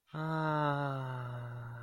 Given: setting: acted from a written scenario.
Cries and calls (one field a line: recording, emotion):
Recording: vocal sound without words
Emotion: relief